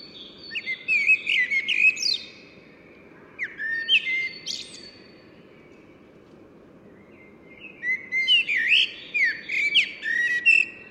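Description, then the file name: Common blackbird song: three mellow, wandering phrases, each finished with high squeaky twitter notes, separated by pauses, over steady background noise. "Turdus merula"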